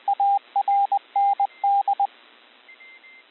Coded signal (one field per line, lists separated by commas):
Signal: Morse code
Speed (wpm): 20 wpm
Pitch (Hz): 800 Hz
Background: radio noise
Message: ARND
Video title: Practice Morse code CW recognition